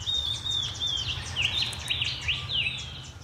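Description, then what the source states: Shining Bronze Cuckoo calling, thin high downslurred whistles in a quick pew-pew series, mixed with other small bird notes and a low rumble. The species gives many different calls, which makes it confusing to identify.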